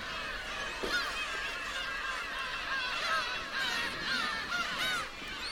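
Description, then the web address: Gulls calling, many overlapping mewing and wailing cries forming a continuous colony chorus over a steady background hiss. Distant gulls at a seagull island in Hachinohe, Japan. "Foundation 1 AMBIENCE HACHINOHE SEAGULL ISLAND DISTANT"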